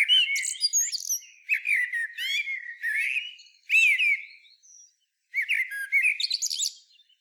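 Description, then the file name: Common blackbird with rapid melodious whistled notes and squeaky high flourishes, a short silence, then one more phrase. "Turdus merula"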